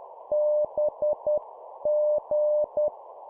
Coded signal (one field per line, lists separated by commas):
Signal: Morse code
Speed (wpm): 10 wpm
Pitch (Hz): 600 Hz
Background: none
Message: BG